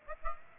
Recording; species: mosquito wingbeat signal from an infrared sensor; Aedes aegypti